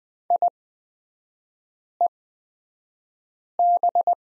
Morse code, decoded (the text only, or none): IEB